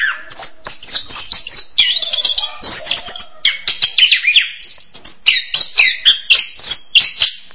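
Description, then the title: Bird song of fast, busy chattering: dense runs of short chirps and sharp notes delivered almost continuously with little pause. "kikicau"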